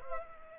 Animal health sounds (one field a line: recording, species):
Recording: mosquito wingbeat signal from an infrared sensor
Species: Culex pipiens